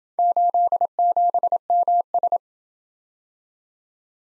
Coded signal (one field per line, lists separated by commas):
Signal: Morse code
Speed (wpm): 27 wpm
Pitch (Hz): 700 Hz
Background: none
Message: 87MS